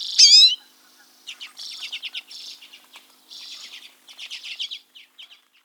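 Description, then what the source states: Common Redpoll flock calls, a loud rising twangy chirp followed by many overlapping short buzzy chatters and twittering notes. Large group of Common Redpolls, a winter specialty; their calls are said to sound like a cross between House Finch and goldfinches.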